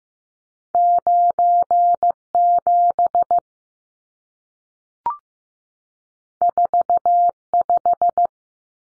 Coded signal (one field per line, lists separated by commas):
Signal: Morse code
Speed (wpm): 15 wpm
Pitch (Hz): 700 Hz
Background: none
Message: 97 45